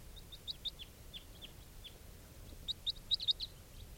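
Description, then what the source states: Crossbill calls: a few sharp high chips early, then a tighter cluster of louder chips near the end, with faint low rumble underneath. Wild flock that just landed nearby, including bright red males and begging juveniles; four brown and two red birds seen.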